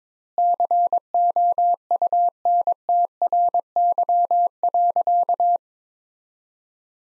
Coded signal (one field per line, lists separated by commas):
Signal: Morse code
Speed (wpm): 22 wpm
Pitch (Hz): 700 Hz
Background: none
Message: COUNTRY.